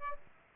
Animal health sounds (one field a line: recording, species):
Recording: mosquito wingbeat signal from an infrared sensor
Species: Aedes aegypti